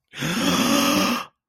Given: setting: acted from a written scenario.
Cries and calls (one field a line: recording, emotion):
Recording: vocal sound without words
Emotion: realization